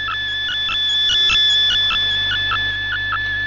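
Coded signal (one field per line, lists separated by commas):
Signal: none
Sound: musical melody beeps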